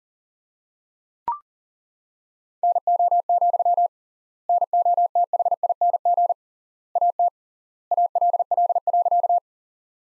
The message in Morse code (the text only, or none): NO, NOTHING AT ALL.